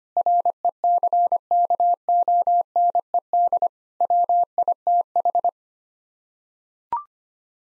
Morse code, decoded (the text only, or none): RECKONED WITH